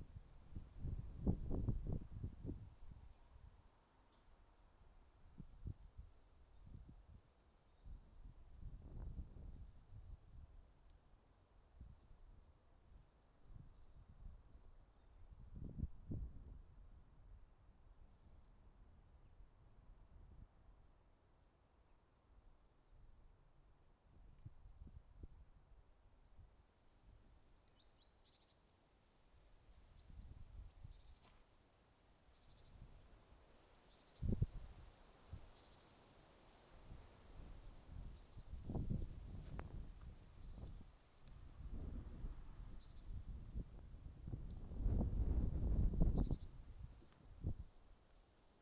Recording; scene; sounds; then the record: everyday scene through a hearing-aid microphone; wind on the microphone; wind, traffic, birds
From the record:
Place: suburban garden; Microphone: in the ear canal, right